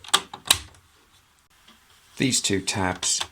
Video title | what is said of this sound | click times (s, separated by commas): The Only Transformation Guide You Need: X Transbots Menasor Robot To Trailer | locks in place here. | 0.1 s, 0.5 s